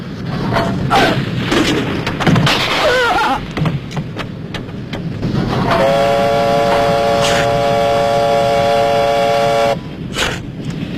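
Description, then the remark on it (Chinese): Sharp bursts of gunfire crack over a steady rumbling din as a team fights its way onto a train at night, followed by a long sustained whistle-like tone with layered harmonics, like a train whistle, before more scattered shots. “晚上，老红带领飞虎队杀上火车，结果了山口。”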